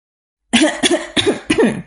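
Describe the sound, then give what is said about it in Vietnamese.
A run of four quick, loud coughs in steady rhythm after a moment of silence, each burst breathy and slightly voiced, as someone unable to hold back laughter coughs to cover it up. “Doãn Chu không nhịn cười được, vội vàng dùng tiếng ho để lấp liếm.”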